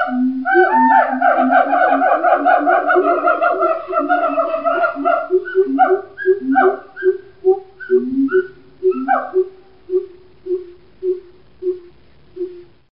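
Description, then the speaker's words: Siamang chorus: a dense burst of overlapping calls, then spaced, pulsing notes that fade toward the end. Family groups sing together; loud, melodic calls; inflated throat pouch (gular sac) enhances and resonates the voice. "This is what siamangs sound like."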